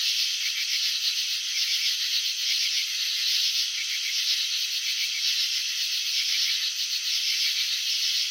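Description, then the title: Crickets chirping in slow motion, a continuous high rattle of grainy pulses that swells and fades unevenly. Chirping slowed down (slow motion). "Crickets in Slow Motion 📷. Capturing the Elegance of Chirping"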